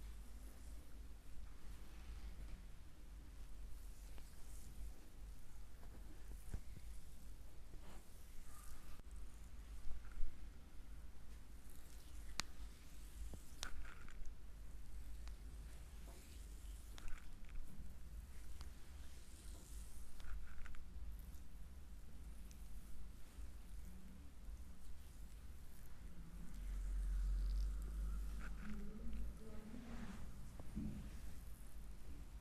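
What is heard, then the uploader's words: A deep foot massage: soft, steady rubbing and squishing over a low constant rumble, with a few small clicks and faint murmuring. ASMR relaxing deep foot massage.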